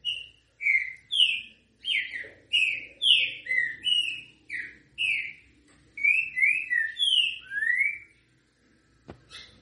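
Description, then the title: Green-winged Saltator song: steady, mellow whistled notes delivered almost continuously, several slurred downward and one long rising note near the end. Song in the local style called canto grego mole com boi. "Canto De Trinca Ferro. TRINCA=FERRO CANTO GREGO MOLE COM BOI"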